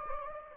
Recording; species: mosquito wingbeat signal from an infrared sensor; Anopheles gambiae